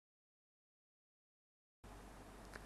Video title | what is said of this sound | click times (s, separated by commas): '07 Panasonic Inverter AC Installation Process - part 4 | Next, turn the flare handle clockwise until a click sound is heard. | 2.6 s